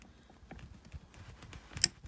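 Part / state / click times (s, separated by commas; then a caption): gear selector cable adjuster clip on the gearbox selector / seated / 1.8 s. A second plastic adjuster clip is pushed down onto the other gear selector cable at the gearbox selector of an Opel Zafira/Astra OPC or GSi (Astra G/H, F23 gearbox). After some faint handling taps and rustling, it clicks sharply into place at 1.8 s, seating firmly.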